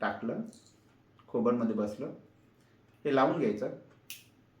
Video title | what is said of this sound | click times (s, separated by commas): Inhaler part 1 - How to use inhaler ( inhaler कसे वापरावे ? ) | कट्ट आवाज येतो म्हणजे ते पूर्ण टाईट बसलं | 4.1 s